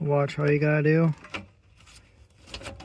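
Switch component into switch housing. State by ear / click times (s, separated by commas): seated / 2.5 s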